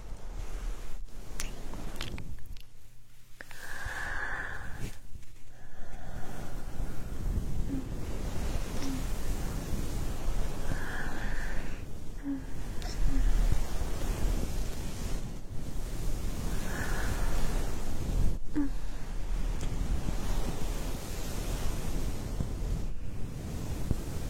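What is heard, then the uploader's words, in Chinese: An ear massage: dense, continuous rubbing and rustling with a low, muffled weight, broken by brief pauses near three and five seconds. A short squeaky rub rises above it about every six seconds, and the rubbing grows slightly louder in the second half. 按摩耳朵刺激大脑。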